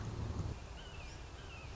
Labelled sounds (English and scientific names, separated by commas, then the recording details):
Red-shouldered Hawk (Buteo lineatus)
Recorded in Sonoma County, California